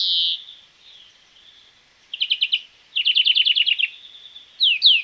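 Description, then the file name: Small songbird, European greenfinch, opening with a loud buzzy wheeze, then soft notes, two rapid trills and a pair of sweeping chirps at the end. "Chloris chloris"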